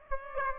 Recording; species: mosquito wingbeat signal from an infrared sensor; Aedes aegypti